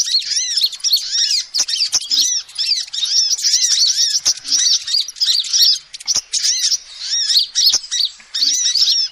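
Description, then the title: Lovebird calls, high shrill chirps and squeaks chattered in quick bursts, pausing briefly, with occasional clicks. Lovebird calls used as a lure to trap birds. "PIKAT BURUNG LOVEBIRD"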